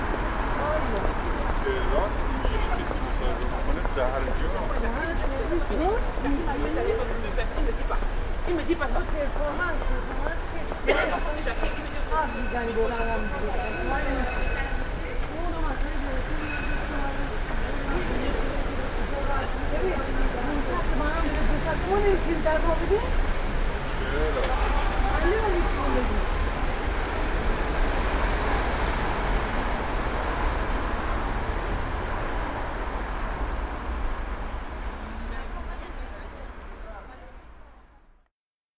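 Outdoor ambience in a Paris square, with a steady blend of many voices talking and a constant low rumble of traffic underneath. A sharp knock sounds near eleven seconds, a few faint high tones appear early on, and the scene fades out at the end.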